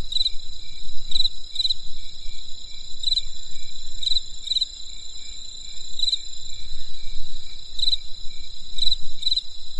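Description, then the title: Insects giving a constant shrill trill plus short stuttering chirps at irregular intervals, against faint low background noise. Crisp insect sounds on a winter night in the countryside. "There was a crisp sound of insects in the winter night. Come and experience a sound therapy feast from the countryside"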